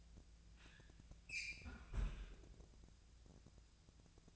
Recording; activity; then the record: daily activity, microphone in the room; close fridge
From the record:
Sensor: 2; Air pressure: 999.9 hPa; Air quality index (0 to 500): 125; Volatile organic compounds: 2 ppm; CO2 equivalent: 1072 ppm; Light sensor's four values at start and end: 30/76/32/36 and 30/75/32/35